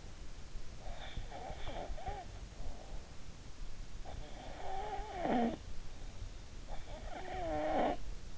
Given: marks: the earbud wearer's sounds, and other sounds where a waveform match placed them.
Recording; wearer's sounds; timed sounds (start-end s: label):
sounds in sleep by an in-ear microphone; snoring breath
1.08-3.28 s: snoring breath
4.39-6.25 s: snoring breath
6.95-8.38 s: snoring breath